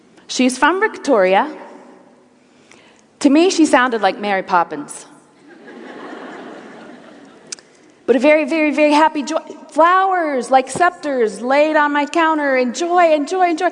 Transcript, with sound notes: She’s from Victoria. To me, she sounded like Mary Poppins, (laughter) with a very, very happy, joy. Flowers like scepters laid on my counter, and joy and joy.